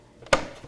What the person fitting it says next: And it just clicks right into position like that.